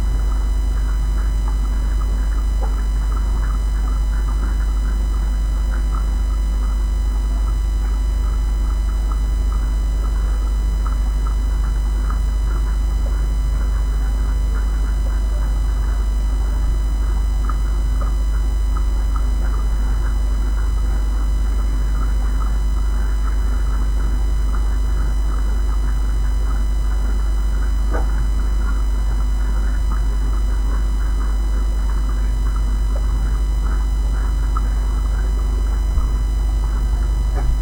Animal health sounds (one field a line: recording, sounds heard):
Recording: poultry house recording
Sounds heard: sick chickens (respiratory disease)